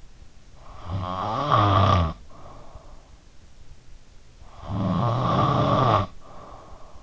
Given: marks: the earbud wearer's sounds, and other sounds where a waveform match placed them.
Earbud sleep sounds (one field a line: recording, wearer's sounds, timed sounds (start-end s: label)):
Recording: sounds in sleep by an in-ear microphone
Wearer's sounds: snoring breath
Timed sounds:
0.57-2.78 s: snoring breath
4.46-7.03 s: snoring breath